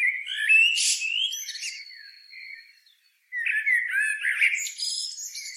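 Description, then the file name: Eurasian blackbird singing a mellow phrase ending in a high squeaky flourish and a thin drawn-out whistle, then silence, then another burst of warbling and twittering. "Turdus merula"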